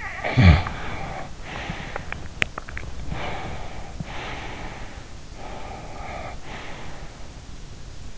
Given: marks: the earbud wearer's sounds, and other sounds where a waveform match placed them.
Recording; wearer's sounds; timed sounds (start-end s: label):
sounds in sleep by an in-ear microphone; snoring breath, teeth grinding, swallowing, breath
0.00-2.30 s: snoring breath
1.72-2.66 s: teeth grinding
2.30-2.66 s: swallowing
2.98-5.11 s: breath
5.32-7.11 s: breath